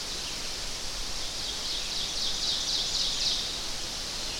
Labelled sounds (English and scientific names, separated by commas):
Ovenbird (Seiurus aurocapilla) song